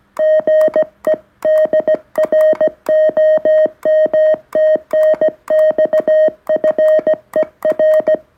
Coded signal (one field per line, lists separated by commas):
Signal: Morse code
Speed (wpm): 17 wpm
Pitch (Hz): 1850 Hz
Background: music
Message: GE DR OM TNX FER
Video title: Beginilah kondisi iambic Paddle Key morse setelah 4 bulan pemakaian